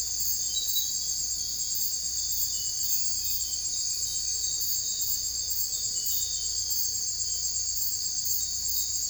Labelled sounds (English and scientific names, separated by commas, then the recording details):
none
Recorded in secondary vegetation near Puerto Asís, Putumayo, Colombia, on 22 December 2024 at 01:00
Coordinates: 0.481, -76.318
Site G042